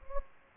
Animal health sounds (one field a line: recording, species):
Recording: mosquito wingbeat signal from an infrared sensor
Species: Anopheles gambiae